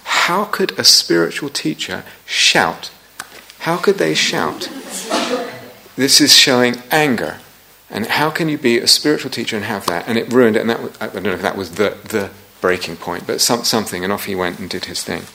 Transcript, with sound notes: How could a spiritual teacher shout? How could they shout? [laughter] This is showing anger. And how can you be a spiritual teacher and have that? And it ruined it, and that -- I don't know if that was the breaking point, but something, and off he went and did his thing.